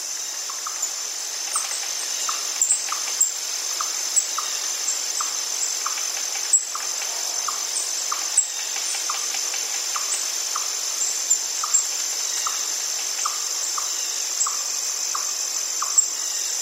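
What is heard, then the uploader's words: A steady high insect drone fills the woods, with soft regular chirps about twice a second and occasional brief bird calls above. Hammock in the Woods. This episode features only natural soundscapes with no dialogue or voice.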